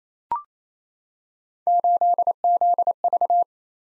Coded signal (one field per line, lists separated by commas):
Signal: Morse code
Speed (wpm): 29 wpm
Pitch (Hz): 700 Hz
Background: none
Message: 8ZV